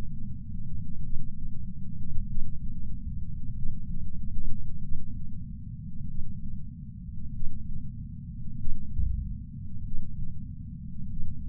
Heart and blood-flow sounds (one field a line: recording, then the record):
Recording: heart sounds by patch sensor on the chest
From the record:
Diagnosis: coronary artery disease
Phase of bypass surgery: intraoperative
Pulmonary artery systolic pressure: 33 mmHg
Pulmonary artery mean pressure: 24 mmHg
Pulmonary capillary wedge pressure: 16 mmHg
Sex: male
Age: 71 years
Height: 160 cm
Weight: 67 kg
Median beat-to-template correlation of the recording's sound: 0.94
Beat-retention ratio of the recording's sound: 0.98